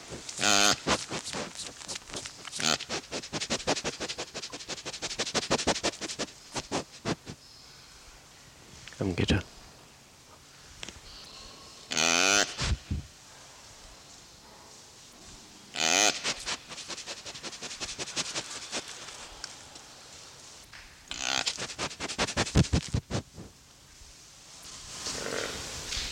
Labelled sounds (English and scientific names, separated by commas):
Sitatunga (Tragelaphus spekii)